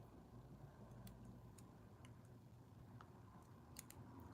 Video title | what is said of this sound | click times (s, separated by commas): Samsung s9 plus screen repair and color change on live step by step #samsung #android #s9plus | here we go you heard that so now i know that it's connected okay the main board | 3.8 s